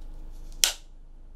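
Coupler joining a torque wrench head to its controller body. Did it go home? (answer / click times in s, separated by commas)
yes / 0.6 s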